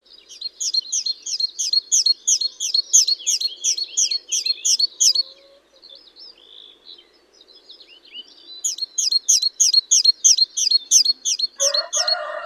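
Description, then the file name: Great tit repeating bright two-note phrases rapidly for several seconds, a pause with soft chirps, then the series again; a rooster begins crowing at the end. "Parus major"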